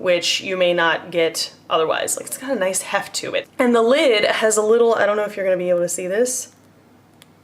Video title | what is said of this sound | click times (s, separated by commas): REVIEW and SWATCHFEST! Jeffree Star Liquid Lipstick Bundle! | it's got that little click which i love because i like to feel the | 7.2 s